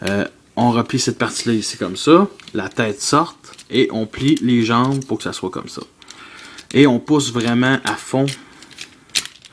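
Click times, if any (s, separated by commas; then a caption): 9.2 s. Someone talks while transforming a plastic toy robot action figure, folding its legs and pushing a plastic transformation part all the way into the figure's body. After small plastic clicks and rattles, the part clips firmly into place at 9.2 seconds.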